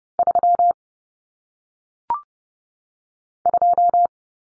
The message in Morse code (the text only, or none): 3 2